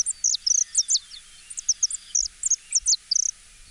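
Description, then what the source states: Saffron Finch song: high, sharp chipping notes in quick clusters, repeated irregularly throughout with brief pauses, over a quiet background. Pleasant whistle-like song; recording from the Cornell Lab of Ornithology.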